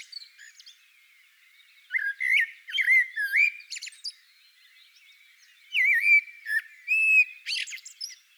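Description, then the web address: Common blackbird singing mellow warbled phrases that dip and rise, each ending in thin high chattering notes, two phrases with a quiet gap between them. "Naturinspelningar Koltrast"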